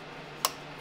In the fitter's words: you hear it click that's how you know you're good